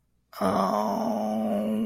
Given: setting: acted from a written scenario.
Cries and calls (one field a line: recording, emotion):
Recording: vocal sound without words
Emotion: shame